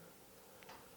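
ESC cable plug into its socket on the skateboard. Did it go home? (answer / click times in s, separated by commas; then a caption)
no / none. The cable plug from a replacement speed controller (ESC) for a Backfire Galaxy 2 (G2) electric skateboard is being pushed into its plastic socket, with faint handling ticks and a brief sharp tick near 0.6 s over low background noise. The plug is handled but not yet home, and nothing has seated or clicked yet.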